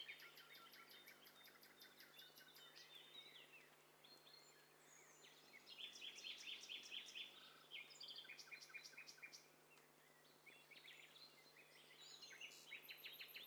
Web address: Hi Fi STEREO BIRD COCKTAIL PARTY Challenge